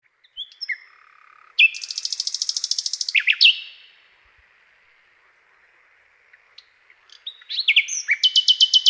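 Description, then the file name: Common nightingale delivering a fast buzzy rattle of repeated notes after a few soft whistles, a pause, then another rapid rattling trill. "SLOWIKRDZAWY"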